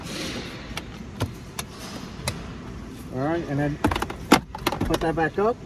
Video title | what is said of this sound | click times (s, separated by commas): Honda Cabin Filter Replacement | put the cover back on as it pops in you'll hear two clicks | 1.6 s, 2.3 s